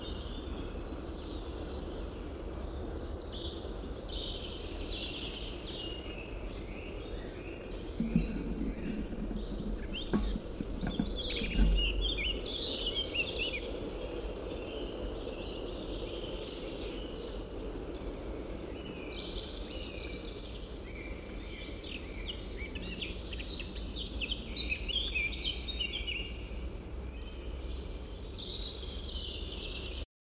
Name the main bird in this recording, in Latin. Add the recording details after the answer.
Coccothraustes coccothraustes. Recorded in the wild. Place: Mölln-Medow, Insel Rügen, Mecklenburg-Vorpommern, DE. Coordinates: 54.375, 13.4136. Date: 1974-05-04. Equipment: Nagra III BH, Sennheiser MD 21, parabola. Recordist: Schubert, Michael